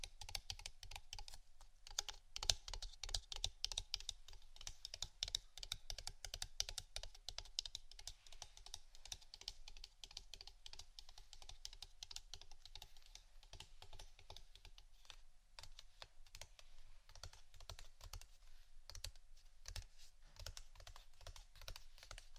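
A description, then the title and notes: Rapid tapping on a computer keyboard, a dense, uneven stream of sharp clicks running the whole time with few pauses. The taps are bright and crisp, some louder than others, and the pace stays busy throughout with a slight easing toward the end. ASMR 2 Types Of Tapping（No Talking）.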